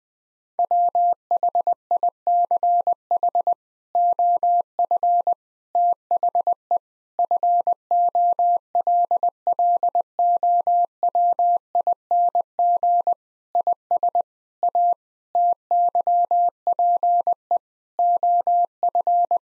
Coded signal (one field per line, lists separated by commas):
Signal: Morse code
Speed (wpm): 20 wpm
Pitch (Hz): 700 Hz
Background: none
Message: WHICH OF THE FOLLOWING IS A TYPE OF